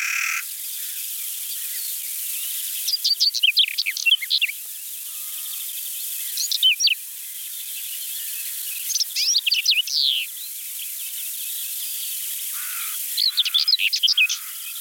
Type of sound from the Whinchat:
song